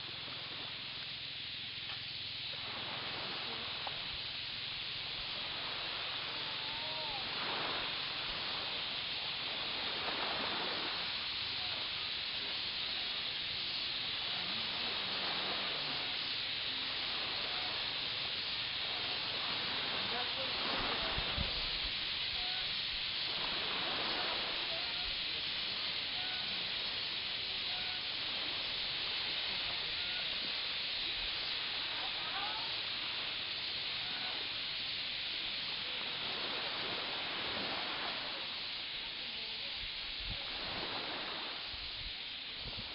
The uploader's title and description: surf and flock of birds. A tree full of chirping birds mixes with the sound of the slowly rolling surf in the morning on the north coast of the island of Nusa Penida, just southeast of the island of Bali, Indonesia.